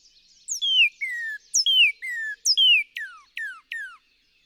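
Northern cardinal repeating falling whistle pairs, then switching to three quick, steep downward-sweeping notes.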